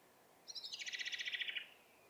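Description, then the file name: Common blackbird producing one fast, dry rattle of many evenly spaced notes, in otherwise quiet surroundings. "Turdus merula"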